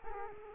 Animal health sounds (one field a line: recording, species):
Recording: mosquito wingbeat signal from an infrared sensor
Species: Culex quinquefasciatus